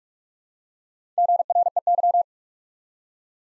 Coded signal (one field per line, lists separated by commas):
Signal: Morse code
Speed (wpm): 44 wpm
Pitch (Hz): 700 Hz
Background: none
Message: GREY